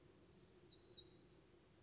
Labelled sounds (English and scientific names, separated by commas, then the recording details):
Black-throated Gray Warbler (Setophaga nigrescens)
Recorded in Sonoma County, California